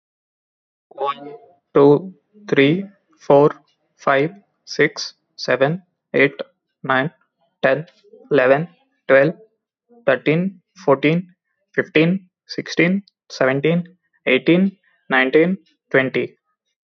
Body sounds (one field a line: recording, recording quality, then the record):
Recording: counting at a normal pace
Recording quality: excellent, no background noise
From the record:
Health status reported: healthy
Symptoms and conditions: none ticked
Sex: male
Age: 26 years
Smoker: not ticked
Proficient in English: yes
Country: India